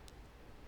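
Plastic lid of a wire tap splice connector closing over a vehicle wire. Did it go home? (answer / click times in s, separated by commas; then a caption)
yes / 0.1 s. The plastic lid of an insulation-piercing wire tap splice connector is closed by hand over a vehicle wire in a 2020+ JT Jeep Gladiator during a powered subwoofer install. A single tiny, bright snap is heard at 0.1 s above a low, steady background hiss. The lid snaps shut and the connector is seated.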